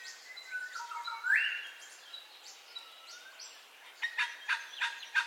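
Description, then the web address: Bird calls: a loud rising whistle stands out among softer whistled notes, followed by a quick burst of harsh notes at the end. Dawn ambience with bird calls, stereo. "Sound Effects-Foundation Updates AMBIENCE DAWN BIRDCALLS STEREO"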